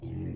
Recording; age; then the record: pig call; weaner (32 to 43 days)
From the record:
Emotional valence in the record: negative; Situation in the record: negative conditioning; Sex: female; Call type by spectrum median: low-frequency call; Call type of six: low-frequency stable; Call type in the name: low-frequency stable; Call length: 0.36 s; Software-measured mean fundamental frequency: 42 Hz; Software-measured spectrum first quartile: 117 Hz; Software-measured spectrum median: 197 Hz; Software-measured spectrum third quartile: 383 Hz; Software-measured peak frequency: 322 Hz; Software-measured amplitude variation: 120 dB a second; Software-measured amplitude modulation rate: 33.3 a second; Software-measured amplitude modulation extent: 3.6 dB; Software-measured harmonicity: 0.7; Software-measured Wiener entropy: -0.06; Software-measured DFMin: 1035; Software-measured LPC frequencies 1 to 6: 273, 1970, 2557, 3351, 4330, 5065 Hz